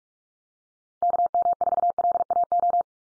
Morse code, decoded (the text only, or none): KM4LAO